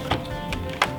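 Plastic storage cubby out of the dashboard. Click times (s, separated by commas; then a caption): 0.8 s. With its bolts removed, the plastic storage cubby is pulled from the dashboard of a Jeep Wrangler JL during a MOPAR aux switch install. Music plays under light taps at 0.1 and 0.5 seconds. A sharp pop at 0.8 seconds marks the cubby releasing from the dash.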